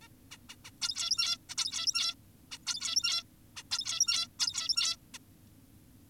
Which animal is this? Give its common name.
Zebra Finch